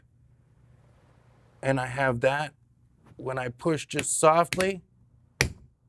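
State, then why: Seated. A Dynaudio in-wall speaker is pushed softly into its tool-free mounting frame in the wall while someone talks. One sharp click at 5.4 s marks the locking tabs engaging, and the speaker is seated in the frame.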